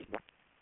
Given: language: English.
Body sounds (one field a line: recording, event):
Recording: throat vibration sensor signal played as sound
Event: swallow